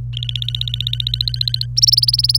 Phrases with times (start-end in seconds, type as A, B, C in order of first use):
0.13-1.66 A, 1.76-2.38 B